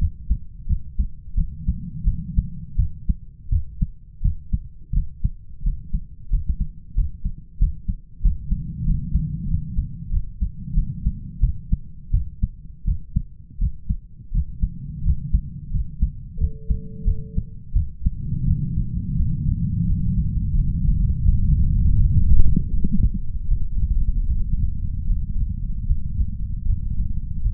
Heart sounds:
heart sounds by stethoscope; 85 bpm
0.67 s: heartbeat
1.35 s: heartbeat
2.05 s: heartbeat
2.77 s: heartbeat
3.50 s: heartbeat
4.22 s: heartbeat
4.93 s: heartbeat
5.63 s: heartbeat
6.30 s: heartbeat
6.95 s: heartbeat
7.59 s: heartbeat
8.22 s: heartbeat
8.85 s: heartbeat
9.48 s: heartbeat
10.11 s: heartbeat
10.74 s: heartbeat
11.40 s: heartbeat
12.11 s: heartbeat
12.85 s: heartbeat
13.59 s: heartbeat
14.32 s: heartbeat
15.03 s: heartbeat
15.71 s: heartbeat
16.38 s: heartbeat
17.04 s: heartbeat
17.73 s: heartbeat
18.45 s: heartbeat
19.16 s: heartbeat
19.86 s: heartbeat
20.55 s: heartbeat
21.24 s: heartbeat
21.96 s: heartbeat
22.69 s: heartbeat
23.47 s: heartbeat
24.27 s: heartbeat
25.06 s: heartbeat
25.86 s: heartbeat
26.65 s: heartbeat
27.41 s: heartbeat
From the record:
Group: healthy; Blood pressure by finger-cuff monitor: 112/64 mmHg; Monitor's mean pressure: 82 mmHg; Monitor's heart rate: 85 bpm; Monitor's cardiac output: 8.4 L/min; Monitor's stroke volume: 96 mL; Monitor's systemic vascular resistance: 670 dyn s/cm5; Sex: male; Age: 33 years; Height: 179 cm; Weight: 80.4 kg

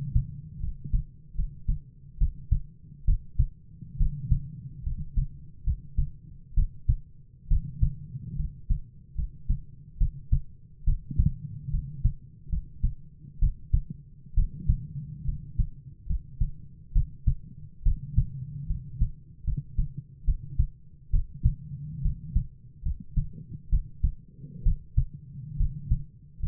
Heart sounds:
heart sounds by stethoscope; 70 bpm
0.59 s: heartbeat
1.34 s: heartbeat
2.17 s: heartbeat
3.04 s: heartbeat
3.96 s: heartbeat
4.82 s: heartbeat
5.63 s: heartbeat
6.54 s: heartbeat
7.47 s: heartbeat
8.35 s: heartbeat
9.14 s: heartbeat
9.97 s: heartbeat
10.84 s: heartbeat
11.70 s: heartbeat
12.49 s: heartbeat
13.38 s: heartbeat
14.34 s: heartbeat
15.24 s: heartbeat
16.06 s: heartbeat
16.92 s: heartbeat
17.82 s: heartbeat
18.66 s: heartbeat
19.43 s: heartbeat
20.24 s: heartbeat
21.10 s: heartbeat
22.01 s: heartbeat
22.82 s: heartbeat
23.69 s: heartbeat
24.62 s: heartbeat
25.56 s: heartbeat
26.39 s: heartbeat
From the record:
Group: healthy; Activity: rest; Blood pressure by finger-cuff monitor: 101/54 mmHg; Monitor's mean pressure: 63 mmHg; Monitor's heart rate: 71 bpm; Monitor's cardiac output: 7.6 L/min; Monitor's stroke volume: 108 mL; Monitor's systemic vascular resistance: 580 dyn s/cm5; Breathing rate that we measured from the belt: 17 breaths a minute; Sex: male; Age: 22 years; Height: 185 cm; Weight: 112.4 kg

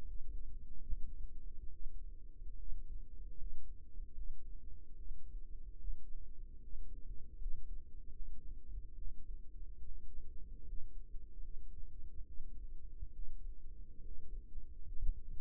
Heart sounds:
heart sounds by microphone in the right ear; 73 bpm
0.03 s: heartbeat
0.83 s: heartbeat
1.69 s: heartbeat
2.55 s: heartbeat
3.36 s: heartbeat
4.13 s: heartbeat
4.94 s: heartbeat
5.77 s: heartbeat
6.59 s: heartbeat
7.37 s: heartbeat
8.12 s: heartbeat
8.93 s: heartbeat
9.81 s: heartbeat
10.63 s: heartbeat
11.40 s: heartbeat
12.23 s: heartbeat
13.11 s: heartbeat
14.00 s: heartbeat
14.82 s: heartbeat
From the record:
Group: healthy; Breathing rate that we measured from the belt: 16 breaths a minute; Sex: female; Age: 22 years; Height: 160 cm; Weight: 63 kg

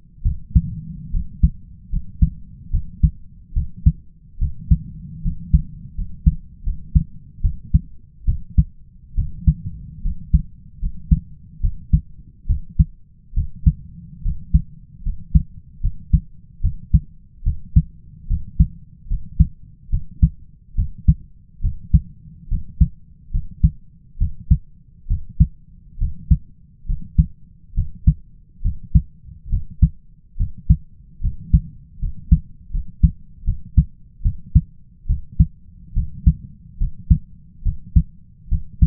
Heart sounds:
heart sounds by stethoscope; 72 bpm
0.23 s: heartbeat
1.11 s: heartbeat
1.90 s: heartbeat
2.71 s: heartbeat
3.53 s: heartbeat
4.39 s: heartbeat
5.22 s: heartbeat
5.95 s: heartbeat
6.63 s: heartbeat
7.41 s: heartbeat
8.25 s: heartbeat
9.15 s: heartbeat
10.02 s: heartbeat
10.79 s: heartbeat
11.61 s: heartbeat
12.47 s: heartbeat
13.34 s: heartbeat
14.22 s: heartbeat
15.03 s: heartbeat
15.81 s: heartbeat
16.61 s: heartbeat
17.43 s: heartbeat
18.27 s: heartbeat
19.07 s: heartbeat
19.90 s: heartbeat
20.75 s: heartbeat
21.61 s: heartbeat
22.48 s: heartbeat
23.31 s: heartbeat
24.18 s: heartbeat
25.07 s: heartbeat
25.98 s: heartbeat
26.86 s: heartbeat
27.74 s: heartbeat
28.62 s: heartbeat
29.49 s: heartbeat
30.37 s: heartbeat
31.21 s: heartbeat
31.99 s: heartbeat
32.71 s: heartbeat
33.44 s: heartbeat
34.22 s: heartbeat
35.06 s: heartbeat
35.93 s: heartbeat
36.78 s: heartbeat
37.63 s: heartbeat
38.49 s: heartbeat
From the record:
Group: healthy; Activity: rest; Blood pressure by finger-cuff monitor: 124/68 mmHg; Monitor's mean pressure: 81 mmHg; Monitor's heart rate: 72 bpm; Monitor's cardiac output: 5.5 L/min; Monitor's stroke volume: 75 mL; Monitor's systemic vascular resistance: 1090 dyn s/cm5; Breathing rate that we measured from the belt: 14 breaths a minute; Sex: male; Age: 20 years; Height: 167 cm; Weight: 61 kg

